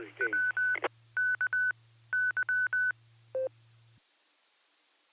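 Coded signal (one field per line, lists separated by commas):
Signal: Morse code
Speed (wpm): 20 wpm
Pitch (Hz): 1500 Hz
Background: speech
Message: WKY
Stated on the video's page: 2 meter net on 147.39+ with 114.8 PL, received on a Flex 6700 with Downeast Microwave preamp/power amp and Mosley 5/8 base antenna.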